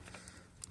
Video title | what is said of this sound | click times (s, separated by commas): Jak wymienić podnośnik szyby PEUGEOT EXPERT 3 III wymiana podnośnika szyby scudo jumpy fiat citroen | się o jest zaskoczyło | 0.6 s